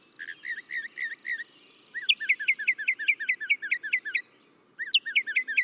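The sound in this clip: Northern mockingbird song, sharp chirping notes repeated in fast series, several phrases of the same note type, with a steady low background hum.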